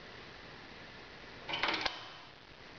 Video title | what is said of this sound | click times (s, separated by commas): CDI Hot Tap Installation | push down until you hear an audible click | 1.6 s, 1.9 s